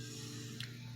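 The small latch on a Zippo butane torch lighter insert is pushed back in with a screwdriver over a steady low hum. It snaps into place with a short, sharp click at 0.6 s. The latch is seated and working fine.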